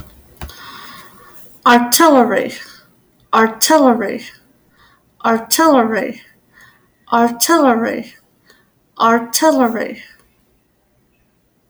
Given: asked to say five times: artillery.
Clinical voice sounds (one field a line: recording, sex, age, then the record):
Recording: repeated word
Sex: female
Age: 30 to 39 years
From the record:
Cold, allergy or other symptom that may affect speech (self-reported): no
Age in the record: 36 years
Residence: Kansas, United States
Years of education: 12